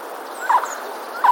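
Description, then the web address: Eurasian jay giving two short, hoarse mid-pitched calls about three quarters of a second apart, over a quiet steady background hiss. Recorded on 15 February 2022. "wroblowe ostrzegator sojka"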